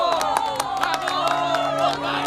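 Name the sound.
crowd applause and cheering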